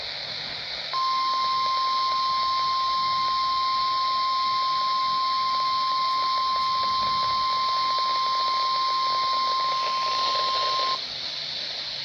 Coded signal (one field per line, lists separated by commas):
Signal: Emergency Alert System (SAME) tones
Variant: 1050 Hz attention tone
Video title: EAS #538-540 - Required Weekly Tests